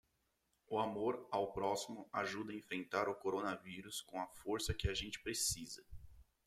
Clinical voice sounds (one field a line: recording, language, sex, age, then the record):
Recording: spoken sentence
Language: Brazilian Portuguese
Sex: male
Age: 20 to 29 years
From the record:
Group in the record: control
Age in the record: 29 years